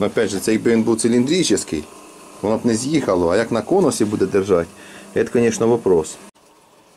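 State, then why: Not seated. A small set screw is being tightened through a spacer to wedge and fix a metal part onto a cylindrical motor shaft. Someone talks through most of the clip, with quiet handling noise in the pauses. Nothing has seated or clicked yet.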